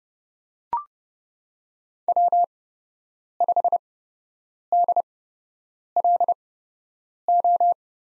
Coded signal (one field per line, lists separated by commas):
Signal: Morse code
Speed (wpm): 30 wpm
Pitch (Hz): 700 Hz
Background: none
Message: W5DLO